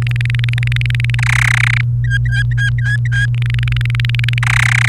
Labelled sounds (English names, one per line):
Domestic Canary song